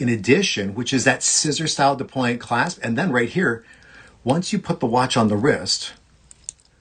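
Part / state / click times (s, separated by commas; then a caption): deployant clasp of a watch bracelet / seated / 6.3 s, 6.5 s. Someone talks about a scissor-style deployant clasp on a metal watch bracelet, then the speech stops and the clasp is closed. It snaps shut with sharp clicks at 6.3 and 6.5 seconds, locking into place.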